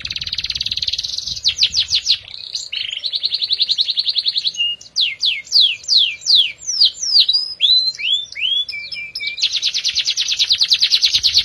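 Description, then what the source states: Atlantic canary song: long rapid rolling trills alternate with quick sweeping whistled notes and fast chattering phrases, ending in another sustained buzzy roll. Therapy recording meant for a canary that has stopped singing; F1 canary.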